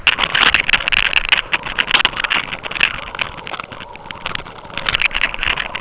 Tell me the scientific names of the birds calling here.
none